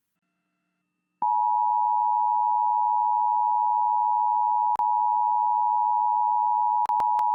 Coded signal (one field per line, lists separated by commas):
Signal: Emergency Alert System (SAME) tones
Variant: 853 and 960 Hz attention tone